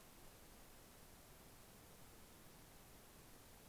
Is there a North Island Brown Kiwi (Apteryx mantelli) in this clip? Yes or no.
no